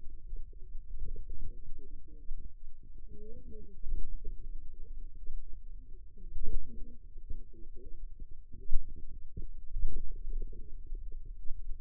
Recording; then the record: forearm muscle sounds (acoustic myography)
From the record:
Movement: finger pinch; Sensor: system 2, bracelet of six BSWA MPA416 microphones around the upper forearm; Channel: 5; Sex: female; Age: 21 years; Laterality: right